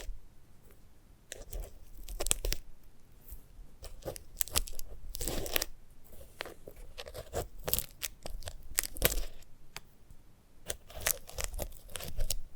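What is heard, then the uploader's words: Crackling, tearing and crunching sounds of handling a sunflower head, in irregular bursts of sharp, bright snaps and rustles. Dense clusters come around two, five, nine and twelve seconds, with quieter scratching between them over a soft low rumble. ASMR of a Sunflower Head (No Talking).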